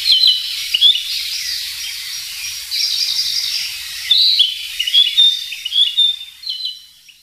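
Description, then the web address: Narcissus flycatcher giving quick warbling phrases of chirps and upslurred whistles, busy at first, then thinner notes that fade out toward the end. "sikioto. kibitaki"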